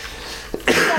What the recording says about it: I'm a little under the weather. You can all hear what I sound like when I cough.